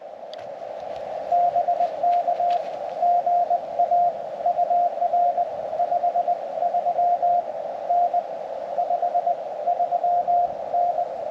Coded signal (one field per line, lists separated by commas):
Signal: Morse code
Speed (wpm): 20 wpm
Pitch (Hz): 700 Hz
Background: radio noise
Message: BK GA UR 53N 53N